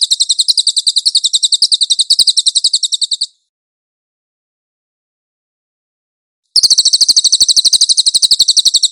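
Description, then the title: Cililin song: a fast, high, even trill lasting a few seconds, a pause of about three seconds, then another trill of sharp pulses. "MASTER SUARA BURUNG CILILIN"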